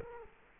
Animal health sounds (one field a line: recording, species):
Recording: mosquito wingbeat signal from an infrared sensor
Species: Culex quinquefasciatus